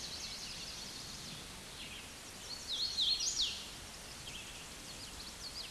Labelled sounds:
Hooded Warbler song
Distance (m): 30 m
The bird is about 15 m above the microphone
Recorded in a Pennsylvania forest on 16 May 2024 at 08:57
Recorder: AudioMoth, point MSD-2181
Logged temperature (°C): 12.8 °C
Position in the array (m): 145 m, 138 m

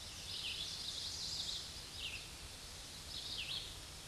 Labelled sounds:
Red-eyed Vireo song
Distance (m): 35 m
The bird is about 15 m above the microphone
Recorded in a Pennsylvania forest on 16 May 2024 at 07:48
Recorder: AudioMoth, point MSD-1539
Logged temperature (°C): 16.0 °C
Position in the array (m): 149 m, 29 m

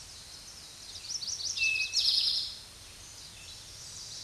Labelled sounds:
Eastern Towhee song
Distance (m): 5 m
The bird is about level with the microphone
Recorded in a Pennsylvania forest on 16 May 2024 at 06:10
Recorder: AudioMoth, point MSD-0627
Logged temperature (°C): 14.8 °C
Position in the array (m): 106 m, 7 m

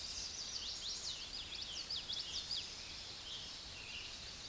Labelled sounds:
Common Yellowthroat song
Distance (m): 20 m
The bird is about 5 m above the microphone
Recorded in a Pennsylvania forest on 16 May 2024 at 09:37
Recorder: AudioMoth, point MSD-0665
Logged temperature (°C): 16.1 °C
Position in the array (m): 90 m, 93 m

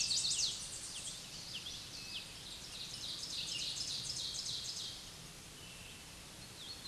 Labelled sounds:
Ovenbird song
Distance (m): 30 m
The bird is about 10 m above the microphone
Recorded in a Pennsylvania forest on 16 May 2024 at 06:45
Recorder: AudioMoth, point MSD-0178
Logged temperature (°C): 15.3 °C
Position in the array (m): 81 m, 28 m

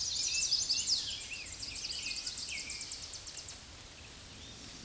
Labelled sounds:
Tennessee Warbler song
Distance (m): 50 m
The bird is about 15 m above the microphone
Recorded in a Pennsylvania forest on 16 May 2024 at 06:50
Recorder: AudioMoth, point MSD-1419
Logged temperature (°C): 16.9 °C
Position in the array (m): 81 m, 169 m

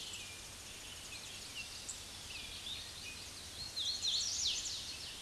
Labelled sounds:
Hooded Warbler song
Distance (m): 15 m
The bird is about 5 m above the microphone
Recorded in a Pennsylvania forest on 16 May 2024 at 06:36
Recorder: AudioMoth, point MSD-1482
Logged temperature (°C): 15.6 °C
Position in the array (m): 164 m, 137 m

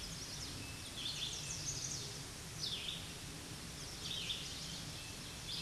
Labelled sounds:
Red-eyed Vireo song
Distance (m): 30 m
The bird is about 15 m above the microphone
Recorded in a Pennsylvania forest on 16 May 2024 at 07:00
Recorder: AudioMoth, point MSD-1295
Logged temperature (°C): 13.7 °C
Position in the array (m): 171 m, 70 m

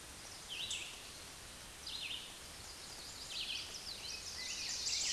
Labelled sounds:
Red-eyed Vireo song
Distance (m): 30 m
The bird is about 10 m above the microphone
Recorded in a Pennsylvania forest on 16 May 2024 at 09:09
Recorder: AudioMoth, point MSD-0475
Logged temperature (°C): 12.3 °C
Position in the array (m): 150 m, 28 m

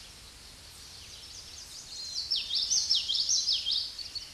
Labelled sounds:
Common Yellowthroat song
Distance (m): 10 m
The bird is about 10 m above the microphone
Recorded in a Pennsylvania forest on 16 May 2024 at 08:17
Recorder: AudioMoth, point MSD-1342
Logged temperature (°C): 15.5 °C
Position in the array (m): 225 m, 186 m

